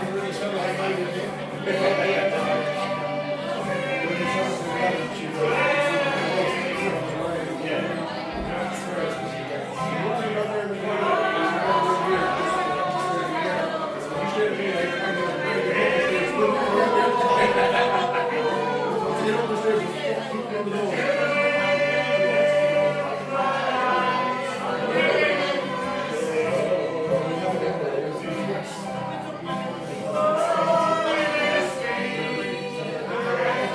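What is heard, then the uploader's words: An Irish sing-along: many voices singing together in a dense, steady mass, with held notes rising above a constant layer of chatter. Irish Sing Along at Tigh Ruairi, Inis Oirr, Ireland. Tigh Ruairi (Rory's Pub) Bed & Breakfast, Inis Oirr, Aran Islands Inis Oírr, Aran Islands, Co Galway, Ireland.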